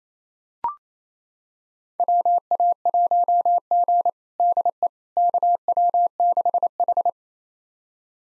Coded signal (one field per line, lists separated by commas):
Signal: Morse code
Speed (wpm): 28 wpm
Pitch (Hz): 700 Hz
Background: none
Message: WA1G DE KW6H